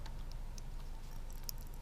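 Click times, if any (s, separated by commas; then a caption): 1.5 s. A crimped factory BMW terminal pin on a jumper wire is pushed into slot 8 of a plastic connector housing in the wiring of an E60 5 Series, where the jumper will ground slots 8 and 10 together to unlock the hidden sport mode button. Faint small ticks and scrapes come first, then a sharp, bright click at 1.5 s. The pin is locked in place.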